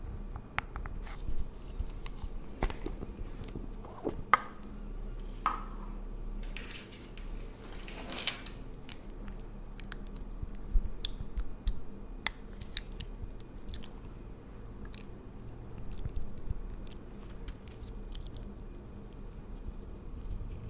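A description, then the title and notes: Layered, tingly sounds for skin and hair care: a steady low murmur underneath, topped by soft crackling, tapping and brief squishy bursts. Sharp clicks and taps land irregularly every second or two, with brighter sticky smears near 3, 8 and 12 seconds. Pampering Your Skin & Hair. Layered Sounds Tingly Sounds.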